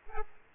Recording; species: mosquito wingbeat signal from an infrared sensor; Aedes aegypti